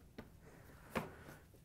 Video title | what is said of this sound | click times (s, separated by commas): How To: Samsung Heating Element Assembly DC97-14486A | once you have that snapped into place we can put the top back on | 1.0 s